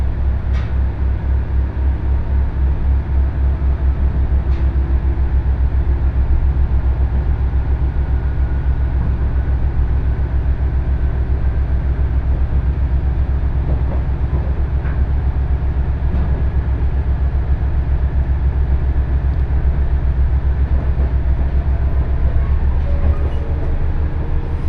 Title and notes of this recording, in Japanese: 鉄道旅 気仙沼線 前谷地→柳津。キハ110系の２両編成が快走していきます